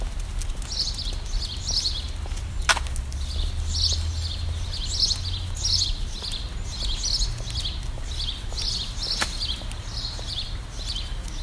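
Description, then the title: Birds give rapid chirping phrases in regular bursts, with a couple of sharp clicks and a low droning rumble underneath. "Birds Chirping Meditation"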